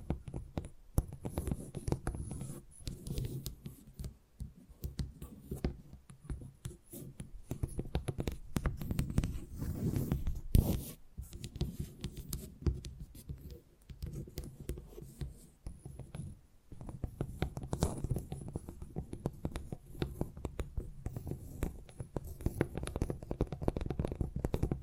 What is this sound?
Tingly Tapping Sounds